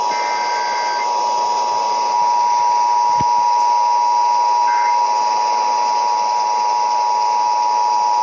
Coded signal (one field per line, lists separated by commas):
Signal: Emergency Alert System (SAME) tones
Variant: 853 and 960 Hz attention tone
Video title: EAS: Pennsylvania Required Monthly Tests (3/19/20)(EAS #275-280)